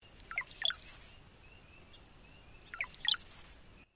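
Brown-headed cowbird song: two identical phrases of low gurgling notes rising into a thin, very high whistled slur, about two and a half seconds apart.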